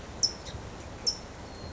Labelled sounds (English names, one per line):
California Towhee